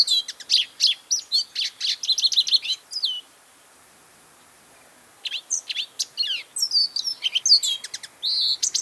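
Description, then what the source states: Lesser Goldfinch singing a fast, jumbled string of high chirps, trills and slurred whistles, breaking off briefly before a fresh burst of varied twittering. Song; small resident of the Southwest.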